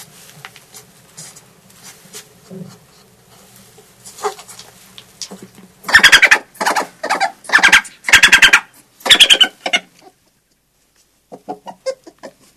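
European badger squeals and chatter, a series of loud, harsh pulsed bursts after a quieter start, then soft scattered squeaks near the end.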